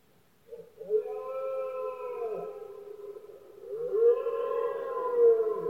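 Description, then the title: Red deer stag bellows: two loud, prolonged, siren-like tonal calls, the second rising then holding steady, with a brief lull between them. Males giving powerful bellows during the red deer rut, locally called berrea or brama, at night in Spain; best heard at night when surroundings are quiet. "Paisaje sonoro: Berrea #04"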